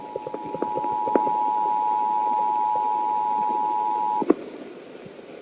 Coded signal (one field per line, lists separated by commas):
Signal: Emergency Alert System (SAME) tones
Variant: 853 and 960 Hz attention tone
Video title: 50 States, 50 EAS Alerts (1K Sub. Special)